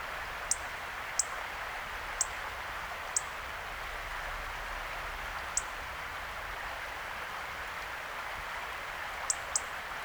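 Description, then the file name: European robin calling with thin, high, clipped notes spaced irregularly throughout, the last two close together, against constant hissing background noise. "Erithacus rubecula"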